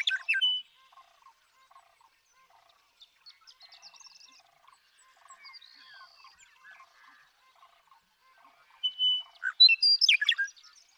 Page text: Birdsong for the Curious Naturalist: Explore #7. The joy of western meadowlark songs. Come along with me to Sierra Valley in eastern California where, during 2018, I just couldn't get enough of them